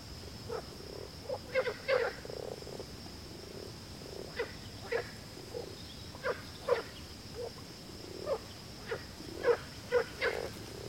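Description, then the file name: Frogs calling with brief knocking croaks scattered irregularly, sometimes in quick pairs, against a constant high-pitched hum. "grenouille"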